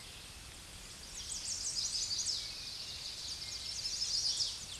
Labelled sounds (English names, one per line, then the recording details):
Chestnut-sided Warbler song
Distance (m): 25 m
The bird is about 10 m above the microphone
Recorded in a Pennsylvania forest on 16 May 2024 at 07:26
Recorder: AudioMoth, point MSD-0526
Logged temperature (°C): 16.6 °C
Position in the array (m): 82 m, 219 m